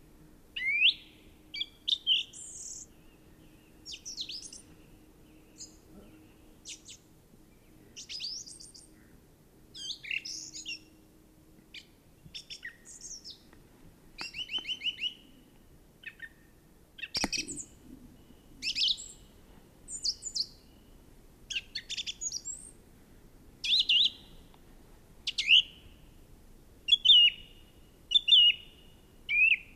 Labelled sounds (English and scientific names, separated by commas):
Song Thrush (Turdus philomelos) song